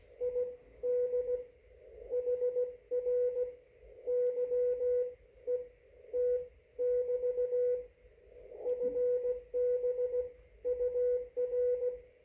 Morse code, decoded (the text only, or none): ID HR YET <BT> FB UR